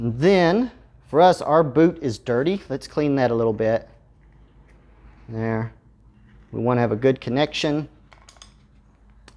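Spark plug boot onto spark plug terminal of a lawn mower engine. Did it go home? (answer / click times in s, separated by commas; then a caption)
yes / 9.3 s. Someone talks while a dirty rubber spark plug boot (wire cap) is cleaned and then pushed down onto the terminal of a newly installed lawn mower spark plug. A few light taps are heard around 8.1 to 8.4 s, and the boot snaps on with a sharp click at 9.3 s, showing it is seated.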